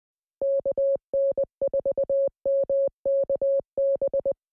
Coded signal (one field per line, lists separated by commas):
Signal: Morse code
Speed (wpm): 20 wpm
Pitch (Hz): 550 Hz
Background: none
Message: KN4MKB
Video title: Decoding FT8 with a RTL-SDR (Software defined Radio)